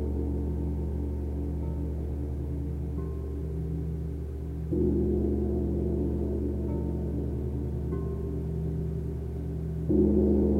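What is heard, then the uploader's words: Crystal singing bowls sound in sustained, overlapping tones, a dense low hum with steady ringing layers above it. New bowls join around the third, fifth, eighth and tenth seconds, each entry slightly raising the volume and shifting the blend of pitches without any break. LIVE CRYSTAL BOWL CONCERT. Full set single track recorded live at one of my crystal singing bowl concerts.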